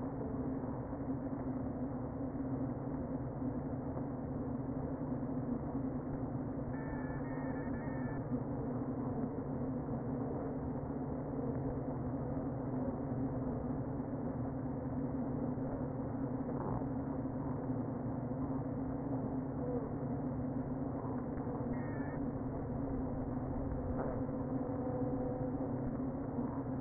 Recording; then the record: honeybee colony, microphone inside the hive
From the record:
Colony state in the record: queen present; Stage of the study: before two queens were removed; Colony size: about 60,000 bees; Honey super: yes